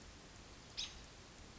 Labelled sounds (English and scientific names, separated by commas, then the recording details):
American Robin (Turdus migratorius)
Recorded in Sonoma County, California